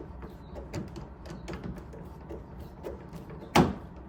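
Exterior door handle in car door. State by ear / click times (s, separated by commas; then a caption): released / 3.6 s. An exterior door handle on a Shelby GT350 car door is pulled while its retaining bolt is unscrewed, with faint small ticks and knocks over a low steady hum. At 3.6 s a loud, sharp click sounds as the handle releases and clicks out of the door.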